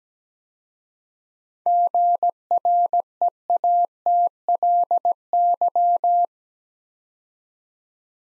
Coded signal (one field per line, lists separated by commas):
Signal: Morse code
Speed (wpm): 17 wpm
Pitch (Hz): 700 Hz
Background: none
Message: GREATLY